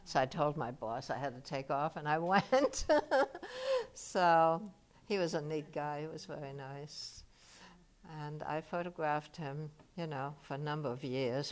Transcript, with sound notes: So I told my boss I had to take off and I went. [chuckles] So he was a neat guy. He was very nice. And I photographed him, you know, for a number of years.